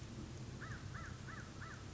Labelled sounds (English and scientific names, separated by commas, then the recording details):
American Crow (Corvus brachyrhynchos)
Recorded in Sonoma County, California